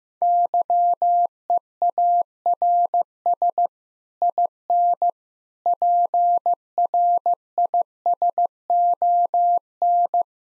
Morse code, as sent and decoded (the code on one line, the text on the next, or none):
-.-- . .- .-. ... / .. -. / .--. .-. .. ... --- -.
YEARS IN PRISON